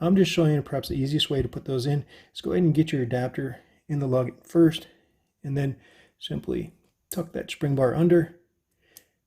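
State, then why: Seated. A quick-release spring bar on a metal strap adapter is tucked under and seated into the lug of a resin Casio G-Shock GA2100 watch case as the adapter is wiggled. Someone talks through most of the clip. A short, faint click is heard at 8.97 s as the spring bar locks into the lug hole.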